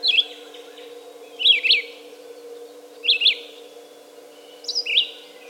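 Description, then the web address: Red-eyed vireo singing clipped, two-part whistled phrases, about four in five seconds, each varying slightly in pitch contour; low steady hum behind. "2018 10 red-eyed vireo song by jonathon jongsma"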